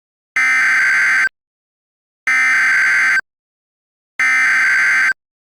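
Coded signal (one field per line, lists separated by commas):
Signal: Emergency Alert System (SAME) tones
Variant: header bursts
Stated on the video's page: Mock EAS alert from civil authorities.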